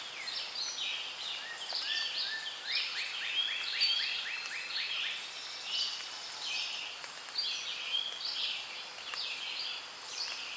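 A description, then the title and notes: Rainforest birdsong fills the air, with several birds calling at once in bright, chirping phrases and a quick run of repeated rising notes near the three-second mark. The calls overlap almost continuously at moderate distance, over a soft, steady background hiss. Relaxing Rainforest Sounds.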